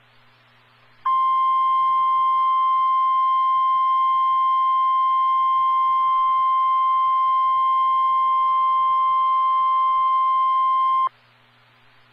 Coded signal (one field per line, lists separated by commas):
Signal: Emergency Alert System (SAME) tones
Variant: 1050 Hz attention tone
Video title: Real NOAA Weather Radio EAS Alert #78